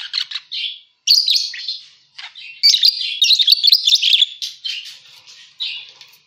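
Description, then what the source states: Parakeet chattering calls, bursts of twittering and squeaky warbles separated by short pauses, with a sustained busy stretch in the middle. Lure sound used for catching birds.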